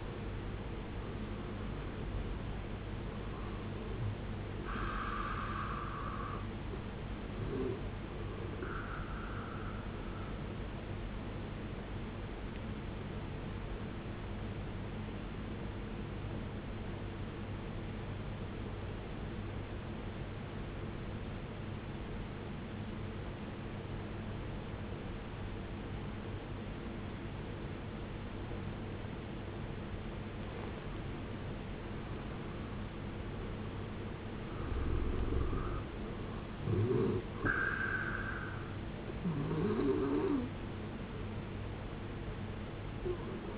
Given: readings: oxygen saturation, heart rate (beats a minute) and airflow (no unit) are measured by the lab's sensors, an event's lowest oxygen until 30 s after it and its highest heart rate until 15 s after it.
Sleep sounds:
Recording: breathing in sleep by a voice recorder at the bedside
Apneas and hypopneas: 1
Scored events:
17.00-33.80 s: obstructive apnea (N1, oxygen 95% highest, then 85% lowest, heart rate 77 at the start, 77 highest)
From the record:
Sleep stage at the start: N1 (lightest sleep)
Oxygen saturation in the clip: 83 to 95%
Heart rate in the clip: 56 to 77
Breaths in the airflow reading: 6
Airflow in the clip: -12.3 to 14.9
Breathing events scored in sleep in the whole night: 389 in 6.3 hours asleep

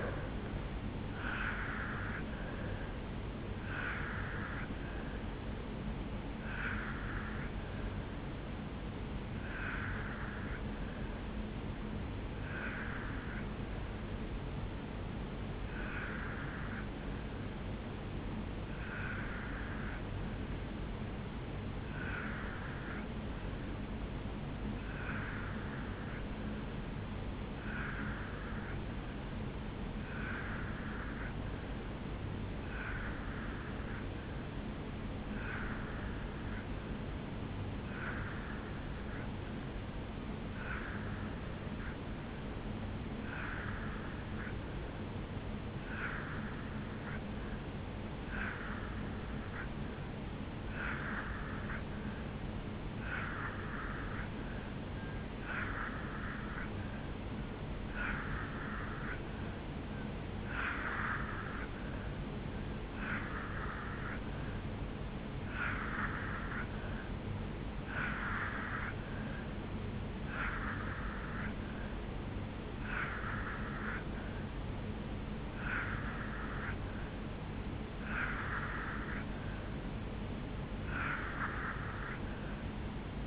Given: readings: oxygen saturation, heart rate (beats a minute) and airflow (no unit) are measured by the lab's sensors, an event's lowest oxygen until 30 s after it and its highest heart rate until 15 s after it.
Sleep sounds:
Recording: breathing in sleep by a voice recorder at the bedside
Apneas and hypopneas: 1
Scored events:
10.00-73.30 s: hypopnea (N2, oxygen 95% highest, then 85% lowest, heart rate 64 at the start, 75 highest)
From the record:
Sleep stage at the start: N2 (light sleep)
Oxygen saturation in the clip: 83 to 95%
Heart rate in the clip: 58 to 77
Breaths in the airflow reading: 25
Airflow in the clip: -9.7 to 3.3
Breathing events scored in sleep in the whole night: 449 in 7.0 hours asleep

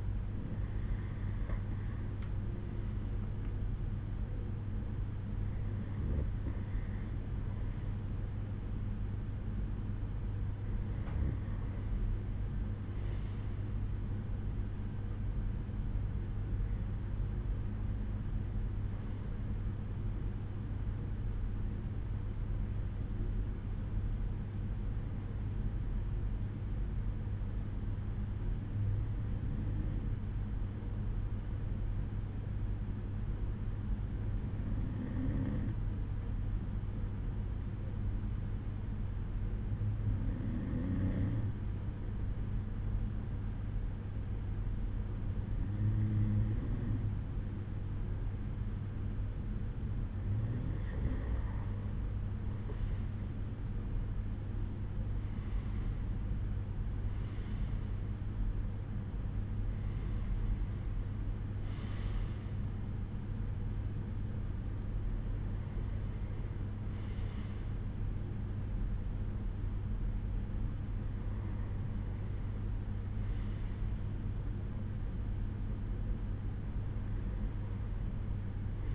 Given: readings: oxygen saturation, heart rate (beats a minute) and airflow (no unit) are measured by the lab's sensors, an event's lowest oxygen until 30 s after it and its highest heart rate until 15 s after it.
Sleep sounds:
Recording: breathing in sleep by a smartphone at the bedside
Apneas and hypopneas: 1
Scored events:
16.00-46.90 s: hypopnea (REM, oxygen 95% highest, then 92% lowest, heart rate 65 at the start, 70 highest)
From the record:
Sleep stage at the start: REM sleep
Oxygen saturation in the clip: 92 to 95%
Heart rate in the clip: 60 to 70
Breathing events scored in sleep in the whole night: 187 in 7.2 hours asleep

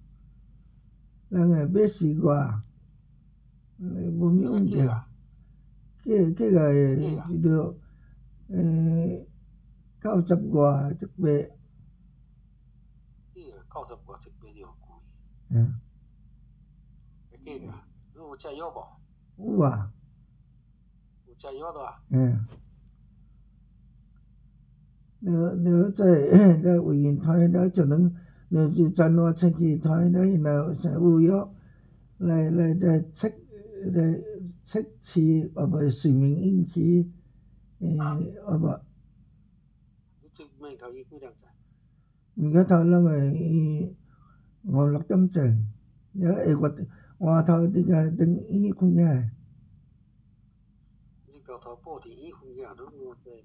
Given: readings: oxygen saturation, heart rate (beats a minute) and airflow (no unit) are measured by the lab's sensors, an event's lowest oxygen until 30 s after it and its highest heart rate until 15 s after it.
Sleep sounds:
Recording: a person awake in a sleep study, by a smartphone at the bedside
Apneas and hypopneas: none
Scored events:
0.00-53.45 s: awake
From the record:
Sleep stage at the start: awake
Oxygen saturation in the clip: 95%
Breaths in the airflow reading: 13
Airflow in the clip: -5.3 to 4.8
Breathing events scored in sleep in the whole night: 270 in 6.1 hours asleep

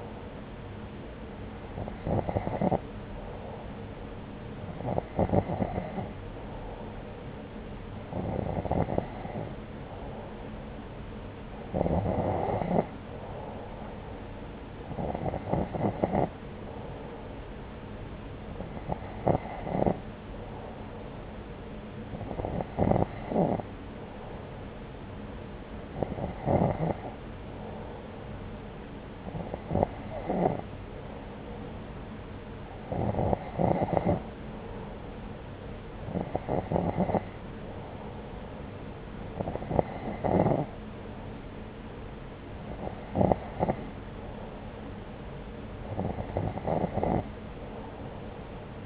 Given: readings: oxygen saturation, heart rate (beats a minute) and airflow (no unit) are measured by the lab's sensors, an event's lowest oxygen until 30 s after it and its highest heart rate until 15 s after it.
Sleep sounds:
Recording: breathing in sleep by a voice recorder at the bedside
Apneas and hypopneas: none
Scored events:
none scored
From the record:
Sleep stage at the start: N2 (light sleep)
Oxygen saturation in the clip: 90 to 92%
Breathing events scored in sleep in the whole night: 303 in 8.1 hours asleep

